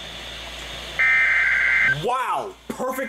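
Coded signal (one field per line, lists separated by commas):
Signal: Emergency Alert System (SAME) tones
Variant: header bursts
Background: speech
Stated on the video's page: Weather radio EAS alerts.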